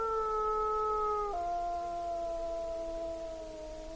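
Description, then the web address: Mammal: howling: two long, steady tonal notes with rich harmonics, the first held then dropping to a lower, slowly sinking tone. Pair, Alaska, 1 April 2016, about 01:07. "alaska MAMMALS 20160401 010659 Pair"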